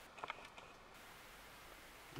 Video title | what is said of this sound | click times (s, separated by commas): LaPower fiber optic bluetooth adapter installation to Mercedes w211 audio20 Unit | little click | 0.2 s, 0.3 s